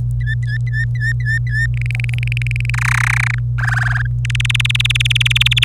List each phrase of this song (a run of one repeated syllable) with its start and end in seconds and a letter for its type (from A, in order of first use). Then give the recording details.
0.20-1.66 A, 1.74-2.70 B, 2.73-3.39 C, 3.57-4.06 D, 4.25-5.64 E. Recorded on 25 April 2018 at 17:47. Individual llb3